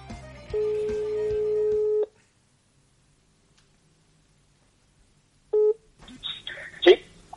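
A steady electronic telephone dialing tone holds for about a second and a half, then after a pause a short beep sounds, followed by crackly line noise as a phone call connects.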